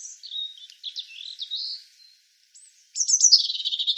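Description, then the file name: European robin song, soft high warbled notes followed after a short gap by a louder, dense trilled phrase at high pitch. "Erithacus rubecula"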